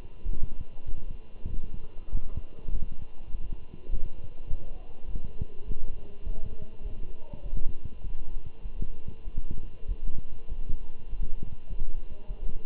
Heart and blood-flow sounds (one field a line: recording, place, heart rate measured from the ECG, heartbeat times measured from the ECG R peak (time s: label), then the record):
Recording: heart sounds by stethoscope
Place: between the tricuspid and mitral areas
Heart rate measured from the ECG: 100 bpm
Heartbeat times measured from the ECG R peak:
0.25 s: heartbeat
0.87 s: heartbeat
1.49 s: heartbeat
2.11 s: heartbeat
2.72 s: heartbeat
3.31 s: heartbeat
3.91 s: heartbeat
4.49 s: heartbeat
5.08 s: heartbeat
5.66 s: heartbeat
6.25 s: heartbeat
6.83 s: heartbeat
7.43 s: heartbeat
8.03 s: heartbeat
8.63 s: heartbeat
9.24 s: heartbeat
9.87 s: heartbeat
10.49 s: heartbeat
11.10 s: heartbeat
11.69 s: heartbeat
12.28 s: heartbeat
From the record:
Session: walking at 3.7 km/h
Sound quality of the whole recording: good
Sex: male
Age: 24 years